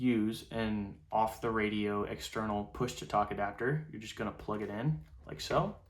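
A man talks while the Kenwood-style two-pin plug of an external push-to-talk adapter is brought to the side accessory jack of a handheld radio. The plug has not yet seated or clicked in by the end of the clip.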